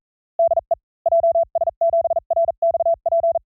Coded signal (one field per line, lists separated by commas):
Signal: Morse code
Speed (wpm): 42 wpm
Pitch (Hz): 670 Hz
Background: none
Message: DE JS7RXP